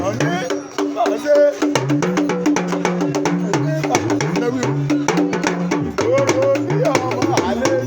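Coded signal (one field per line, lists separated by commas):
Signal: talking drum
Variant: Yoruba dùndún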